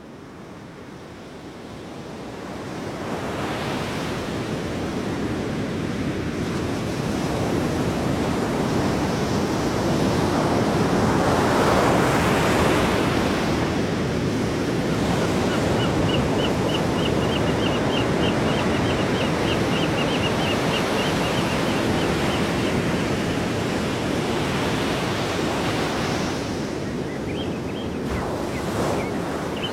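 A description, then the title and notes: Pacific surf roars steadily, swelling louder after the first few seconds, while a songbird trills high above the wash midway through. Pacific Surf & Songbirds.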